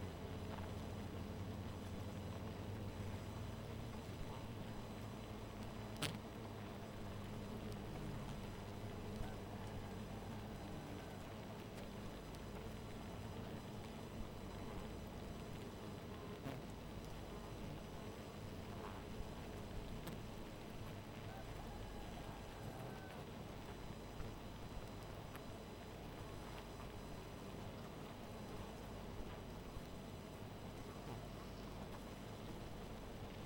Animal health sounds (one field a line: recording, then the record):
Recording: honeybee colony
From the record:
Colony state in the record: missing queen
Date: 14 July 2017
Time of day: 1:53